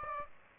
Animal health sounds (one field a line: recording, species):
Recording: mosquito wingbeat signal from an infrared sensor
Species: Aedes aegypti